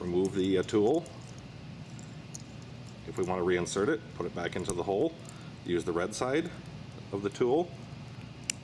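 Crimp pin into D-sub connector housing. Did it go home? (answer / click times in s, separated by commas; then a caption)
yes / 8.5 s. Someone talks while a machined crimp pin on its wire is pushed back into a D-sub connector cavity with the red insertion side of the tool. A short, sharp click sounds at 8.5 s as the pin's retention clip snaps home, seating the pin in the connector.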